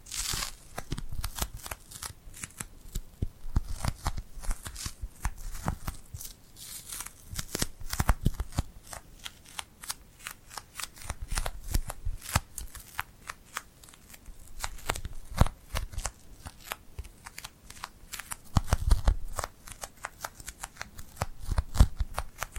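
Glued hand sounds: sticky, crackling peels and taps as fingers pull apart, coming in dense, irregular bursts throughout. The clicks are bright and crisp with a soft low rustle beneath, and the activity swells slightly near the end.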